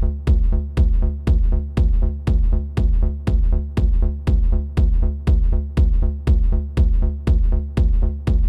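Deep, steady thumps repeat at about 120 a minute, evenly spaced, each with a short ringing low tail. It is a produced ASMR heartbeat sound with a regular, fast beat and no other sounds.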